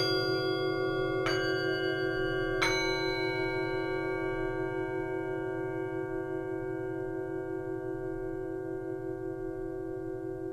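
A ritual singing bowl rings with a low, steady hum and bright shimmering overtones, struck twice early on, near 1 and 3 seconds, then slowly fading.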